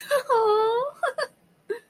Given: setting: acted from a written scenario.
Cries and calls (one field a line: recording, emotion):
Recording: vocal sound without words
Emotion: amusement